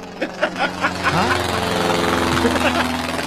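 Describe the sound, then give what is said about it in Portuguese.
The engine of a small propeller plane, a "teco-teco" of the kind that flies over the beach towing a banner, drones steadily with a buzzing, harmonic hum, a few rhythmic sputtering pulses at the start, then settling into a loud, continuous run with slight pitch wobble. “Toda vez que você ouvir esse áudio aí, esse som do Teco Teco, que é o...”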